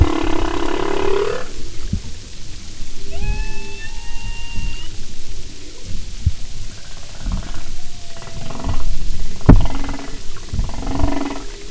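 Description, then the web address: Humpback whale sounds: a loud buzzy moan rising at its end, then a fainter harmonic whistle-like tone, amid heavy low rumbling noise and a click. "Marine Mammals humpback"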